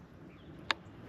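A trapper moves the night latch under the pan of a steel foothold trap until it engages, so the trap can't snap on anything underneath. Over a quiet background, a single sharp, bright click is heard at 0.7 s. The latch is seated.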